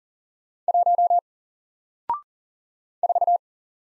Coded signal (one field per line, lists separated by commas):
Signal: Morse code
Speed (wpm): 40 wpm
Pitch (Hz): 700 Hz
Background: none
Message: 1 4